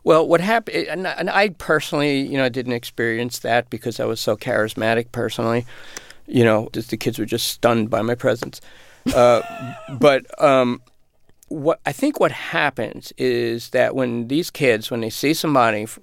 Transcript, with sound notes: Well, what - and I personally, you know, didn't experience that because I was so charismatic, personally, you know, the kids were just stunned by my presence. (Soundbite of laughter) But what - I think what happens is that when these kids, when they see somebody